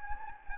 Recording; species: mosquito wingbeat signal from an infrared sensor; Anopheles gambiae